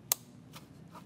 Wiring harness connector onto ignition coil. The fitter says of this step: it clicked now go ahead and